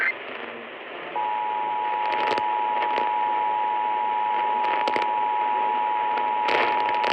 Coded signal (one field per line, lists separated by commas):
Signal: Emergency Alert System (SAME) tones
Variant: 853 and 960 Hz attention tone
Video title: EAS #3378 Tornado Warning on WTMJ-AM